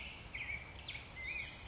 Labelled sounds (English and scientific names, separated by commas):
Black-headed Grosbeak (Pheucticus melanocephalus)